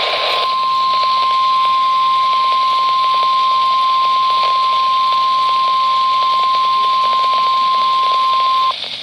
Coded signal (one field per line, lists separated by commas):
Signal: Emergency Alert System (SAME) tones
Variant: 1050 Hz attention tone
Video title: Severe Thunderstorm Warnings (EAS# 1, 2)